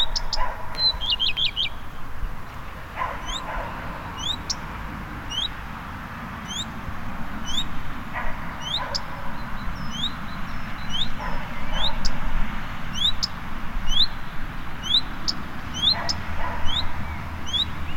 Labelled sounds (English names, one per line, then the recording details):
Common Redstart
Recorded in the wild
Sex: male
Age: adult
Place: Bernau bei Berlin, Barnim, Brandenburg, DE
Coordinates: 52.6615, 13.6405
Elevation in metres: 89
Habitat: orchard
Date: 2018-04-22 19:18
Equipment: Olympus DM 720
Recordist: Frommolt, Karl-Heinz